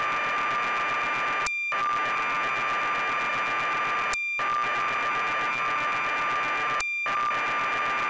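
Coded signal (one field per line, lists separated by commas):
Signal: computer data on cassette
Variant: BBC Micro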